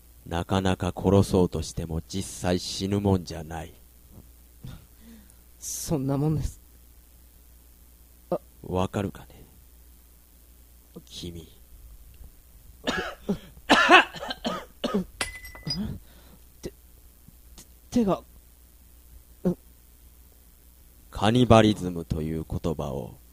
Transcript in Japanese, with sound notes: なかなか殺そうとしても実際死ぬもんじゃない。
あッ・・・
わかるかね、キミ？ （咳き込む）
て、手が・・・
カニバリズムという言葉を